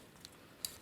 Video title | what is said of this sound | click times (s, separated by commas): ACE Collectables: Tumbler and Hiccups - Masterpiece Cliffjumper and Hubcap Preview | and they will lock into place | 0.2 s, 0.7 s